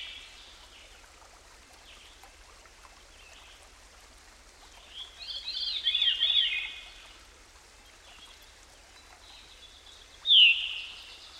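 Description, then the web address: Veery gives one swirling, downward-spiralling flute-like phrase midway, then a short sharp slurred note near the end, over continuous gentle hiss. "Dan Gibson Songbirds By The Stream. Veery"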